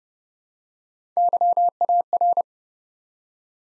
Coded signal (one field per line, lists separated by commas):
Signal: Morse code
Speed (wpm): 30 wpm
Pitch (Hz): 700 Hz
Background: none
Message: YAR